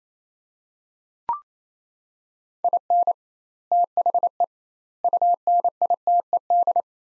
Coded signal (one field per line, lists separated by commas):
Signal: Morse code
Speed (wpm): 28 wpm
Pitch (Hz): 700 Hz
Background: none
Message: IN THE UNITED